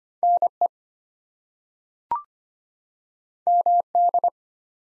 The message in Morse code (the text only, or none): NE MD